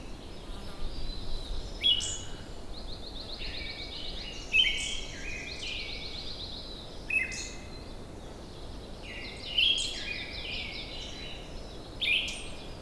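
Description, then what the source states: Siberian thrush song, brief clear whistled phrases every two to three seconds over a busy chorus of other songbirds. Recorded at Wuying, Heilongjiang, China.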